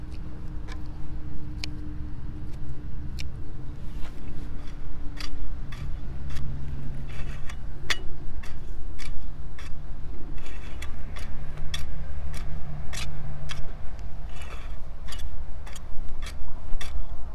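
Weeding a carrot bed on a late-summer morning: sharp, bright clicks and snips land every second or so throughout, like hand shears cutting weeds. Beneath them runs a steady low rumble with a faint hum, and the clicks cluster more densely toward the end.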